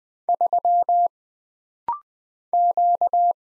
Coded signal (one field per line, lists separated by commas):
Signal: Morse code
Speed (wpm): 20 wpm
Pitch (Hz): 700 Hz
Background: none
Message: 3 Q